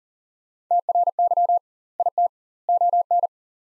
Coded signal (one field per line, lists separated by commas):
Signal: Morse code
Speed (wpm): 40 wpm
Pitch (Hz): 700 Hz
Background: none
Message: TRY IT ON